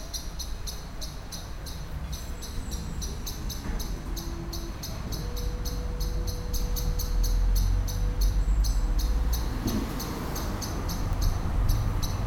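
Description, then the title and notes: Common blackbird keeps up fast ticking scold notes throughout, over low street noise that grows louder. Excitedly scolding, flying from tree to tree; city street in Cologne, morning. "cologne, lütticherstrasse, amsel. amsel aufgeregt schimpfend fliegt von baum zu baum, im hintergrund fahrradfahrer und fussgänger auf dem bürgersteig, morgens"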